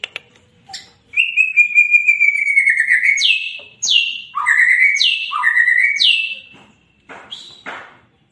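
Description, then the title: White-rumped shama whistling a long steady note, then several sharp downward-sliding whistles in quick succession, ending with short buzzy notes. White-rumped shama singing vigorously (gacor); a lure recording (pancingan) meant to make birds respond. "PANCINGAN MURAI BATU GACOR"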